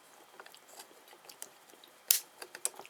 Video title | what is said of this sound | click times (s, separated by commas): Model Diesel Starter fitting parts together | in I can hear them clicking them enter click I can | 2.1 s, 2.7 s